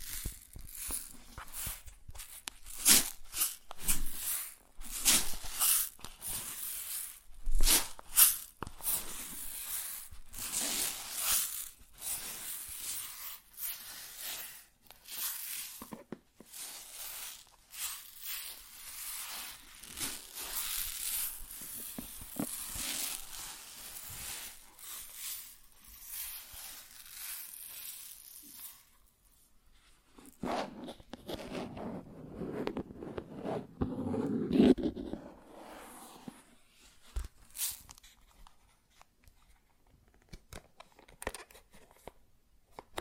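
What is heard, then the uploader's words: Grain sounds in dense, crackly rustling, with rapid bursts of dry pouring and shifting through the first half minute. Near the 29-second mark the bright hiss drops away. After that come softer, lower scrunching and scattered taps and rattles that gradually thin out. ASMR Grain Sounds (No Talking).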